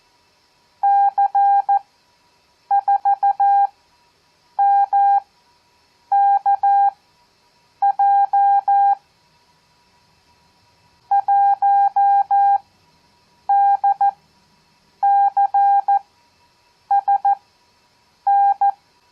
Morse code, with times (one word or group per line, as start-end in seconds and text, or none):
0.8-8.9 C4MKJ
11.1-18.7 1DCSN